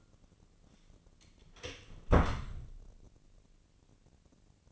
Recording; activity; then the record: daily activity, microphone in the room; close door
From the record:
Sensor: 4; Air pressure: 1013.2 hPa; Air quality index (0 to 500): 178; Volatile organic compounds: 2 ppm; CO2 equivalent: 1122 ppm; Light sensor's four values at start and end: 90/226/93/99 and 69/167/70/70